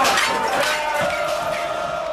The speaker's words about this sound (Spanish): Inmediatamente después de terminado el anuncio, millones de personas en todo el país empezaron a hacer sonar cacerolas desde sus casas y muchas salieron a las calles dando inicio a lo que se conoció como el cacerolazo.